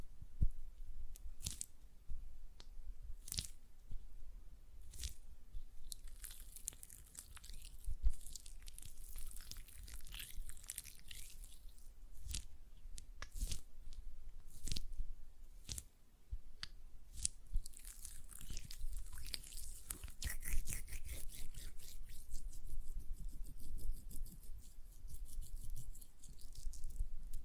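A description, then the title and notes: Gel lotion rubbed between hands makes wet, crackly squishing with frequent sharp clicks and smacks, denser bright sizzling between about 6 and 10 seconds and again after 17. ASMR Gel Lotion Hand Sounds (No Talking).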